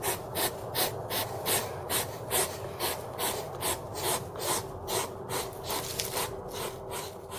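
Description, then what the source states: Hedgehog puffing, rhythmic breathy snorts in a quick steady series, rasping throughout. Hedgehog huffing.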